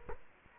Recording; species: mosquito wingbeat signal from an infrared sensor; Culex quinquefasciatus